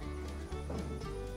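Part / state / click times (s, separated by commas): plastic livestock ear tag into cow's ear through the existing hole / not seated / none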